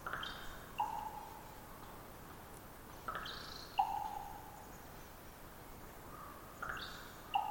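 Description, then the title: Common raven repeating a twitter followed by a pop, three times roughly every three seconds, against a constant noisy background. Raven perched about 50 ft up, some distance away, giving its twittery-pop call: a long trilling twitter before the pop; recorded near an oyster hatchery across the bay. "More Raven Twittering-Pop"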